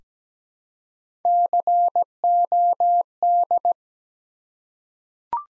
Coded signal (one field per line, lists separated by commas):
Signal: Morse code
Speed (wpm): 17 wpm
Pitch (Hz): 700 Hz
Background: none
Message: COD